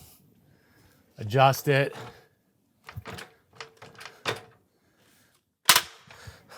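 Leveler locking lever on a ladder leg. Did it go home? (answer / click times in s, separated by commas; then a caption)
yes / 5.7 s. Someone talks while adjusting the leveler leg on a Werner ladder, with several light knocks and clicks between about 2.9 and 4.3 s. At 5.7 s a sharp, loud snap is heard as the locking lever on the ladder leg locks the leveler into place once it is level.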